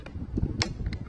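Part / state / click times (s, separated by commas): plastic trim cover into car door panel / seated / 0.6 s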